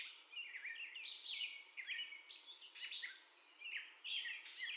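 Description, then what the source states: Gray catbird song: a quick jumble of squeaky, slurred and scratchy notes, phrases following one another with short gaps. First song heard, recorded 30 May 2021.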